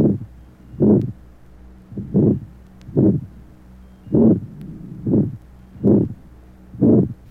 Age 16, congenital aortic stenosis, aortic area.